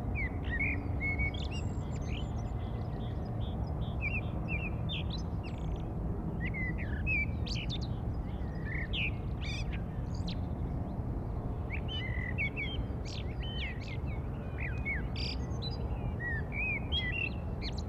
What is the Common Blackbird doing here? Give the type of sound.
song